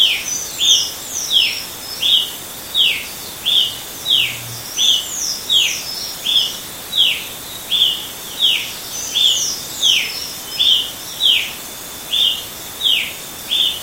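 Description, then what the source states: Brazilian tanager: a long string of crisp, down-slurred chip calls at a fairly steady pace. Recorded in Itatiaia National Park, Brazil, at 6 am; date given as 10-1-14; recordist A. Silveira.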